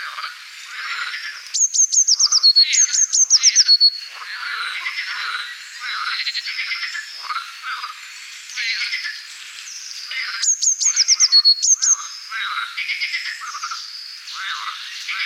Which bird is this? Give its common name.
Eurasian Blue Tit